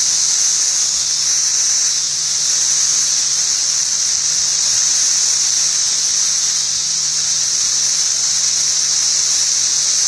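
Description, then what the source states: Periodical cicadas in a dense, steady high-pitched chorus, a continuous hissing whine that holds without a break throughout. 17-year periodical cicadas giving mating calls.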